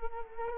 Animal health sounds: mosquito wingbeat signal from an infrared sensor; Culex quinquefasciatus

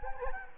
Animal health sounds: mosquito wingbeat signal from an infrared sensor; Anopheles gambiae

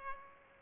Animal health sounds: mosquito wingbeat signal from an infrared sensor; Aedes aegypti

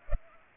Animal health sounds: mosquito wingbeat signal from an infrared sensor; Culex pipiens

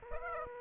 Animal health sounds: mosquito wingbeat signal from an infrared sensor; Aedes aegypti

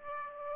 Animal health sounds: mosquito wingbeat signal from an infrared sensor; Aedes aegypti

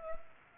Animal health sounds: mosquito wingbeat signal from an infrared sensor; Culex pipiens

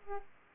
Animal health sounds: mosquito wingbeat signal from an infrared sensor; Aedes aegypti

